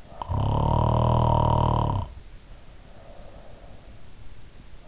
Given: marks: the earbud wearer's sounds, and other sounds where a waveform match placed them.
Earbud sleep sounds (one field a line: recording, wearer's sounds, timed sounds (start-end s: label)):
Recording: sounds in sleep by an in-ear microphone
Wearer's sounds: snoring breath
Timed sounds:
0.00-3.94 s: snoring breath